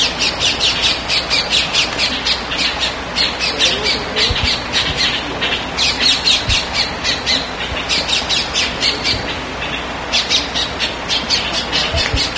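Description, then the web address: Bird giving harsh, raspy squawks in rapid bursts, repeated almost continuously with brief pauses, over a steady background hiss. "BIRD 2015 SABIOD"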